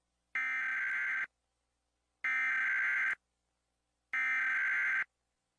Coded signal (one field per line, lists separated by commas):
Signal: Emergency Alert System (SAME) tones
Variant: header bursts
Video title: (SSTEAS REUPLOAD) 10 Years on YouTube - Top 10 SCARY EAS National Tests WITH COMMENTARY